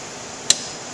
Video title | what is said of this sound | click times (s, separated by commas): Carrot Cake with Cream Cheese Frosting | there that's the safety if it doesn't click the machine will not turn on so | 0.5 s